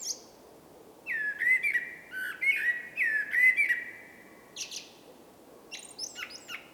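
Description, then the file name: Common blackbird song: a flowing run of mellow fluted notes with squeaky overtones, then a scratchy high twittering flourish toward the end. "Turdus merula"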